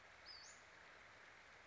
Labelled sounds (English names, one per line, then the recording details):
Western Flycatcher
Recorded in Sonoma County, California